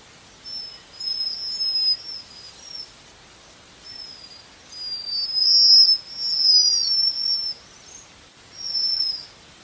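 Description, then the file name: Japanese waxwing producing thin, high-pitched trills in a run of bursts, the longest and loudest in the second half, with soft hiss underneath. "Canto da japanese Waxwing"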